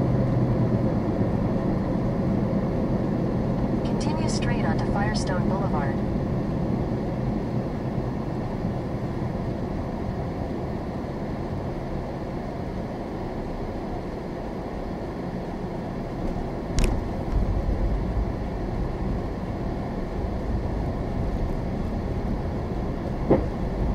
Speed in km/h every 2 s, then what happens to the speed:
60, 52, 45, 35, 26, 19, 13, 11, 19, 21, 24, 24.
0-14 brakes to 11. 14-20 speeds up to 24.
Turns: none.